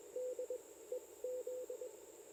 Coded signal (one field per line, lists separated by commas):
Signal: Morse code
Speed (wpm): 20 wpm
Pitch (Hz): 500 Hz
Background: radio noise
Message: DEZ